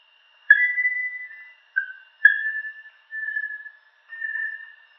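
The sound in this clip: Bartlett's tinamou calling with five pure whistles, most starting sharply then holding level and fading, spaced about a second apart.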